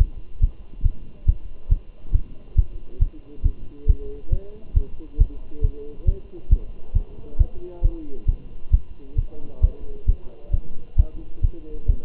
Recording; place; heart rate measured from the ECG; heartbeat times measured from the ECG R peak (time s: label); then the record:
heart sounds by stethoscope; between the tricuspid and mitral areas; 136 bpm
0.00 s: heartbeat
0.43 s: heartbeat
0.85 s: heartbeat
1.28 s: heartbeat
1.72 s: heartbeat
2.15 s: heartbeat
2.58 s: heartbeat
3.02 s: heartbeat
3.45 s: heartbeat
3.89 s: heartbeat
4.32 s: heartbeat
4.77 s: heartbeat
5.20 s: heartbeat
5.64 s: heartbeat
6.08 s: heartbeat
6.52 s: heartbeat
6.96 s: heartbeat
7.40 s: heartbeat
7.85 s: heartbeat
8.29 s: heartbeat
8.74 s: heartbeat
9.18 s: heartbeat
9.63 s: heartbeat
10.09 s: heartbeat
10.54 s: heartbeat
10.99 s: heartbeat
11.44 s: heartbeat
11.89 s: heartbeat
From the record:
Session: Bruce protocol treadmill stress test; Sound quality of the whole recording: good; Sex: male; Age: 27 years